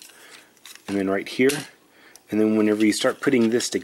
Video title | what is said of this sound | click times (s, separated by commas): Transformers Combiner Wars Voyager Hot Spot | this locks into place like that | 0.0 s